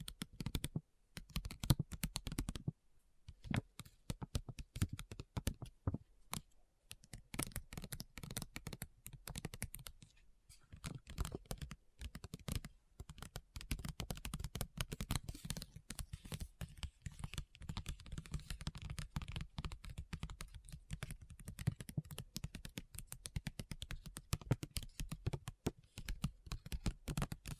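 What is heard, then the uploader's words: Rapid, dense tapping clicks like keyboard typing run throughout, in fast irregular bursts with brief pauses near 3, 7 and 10 seconds. ASMR Addictive Tapping. (No Talking).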